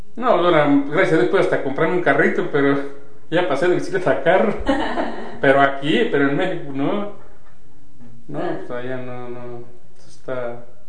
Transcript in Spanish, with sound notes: No, ahora, pues gracias a Dios pude hasta comprarme un carrito, pero ya pasé de bicicleta a carro. (risas) Pero aquí, pero en México no. No, pos allá no, no, pos está,